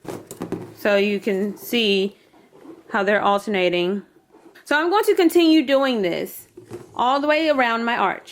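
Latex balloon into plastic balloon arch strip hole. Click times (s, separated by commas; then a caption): 0.3 s. An inflated latex balloon, knot included, is pushed through a hole in a plastic balloon-arch decorating strip and slid over, giving a short sharp snap at 0.3 s among a few soft clicks at the start as it seats in place. Someone then talks for the rest of the clip.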